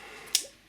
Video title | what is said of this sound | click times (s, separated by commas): Gearing Up SOG Power-Assist S66 Unboxing and First Impressions | Okay. Locks in place. | 0.4 s